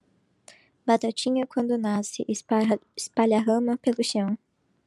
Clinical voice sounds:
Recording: short text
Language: Brazilian Portuguese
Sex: female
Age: 20 to 29 years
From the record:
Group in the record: control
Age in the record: 21 years

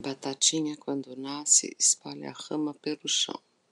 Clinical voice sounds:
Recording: short text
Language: Brazilian Portuguese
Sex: female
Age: 50 to 59 years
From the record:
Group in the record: control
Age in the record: 56 years

